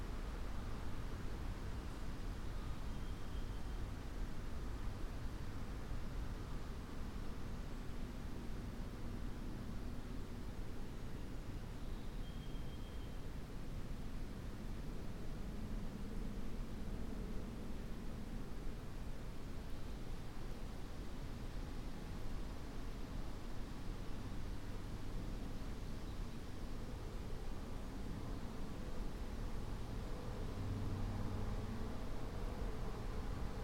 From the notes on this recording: Breezy day in an oak, hickory, and maple stand one the ridge above the Wabash River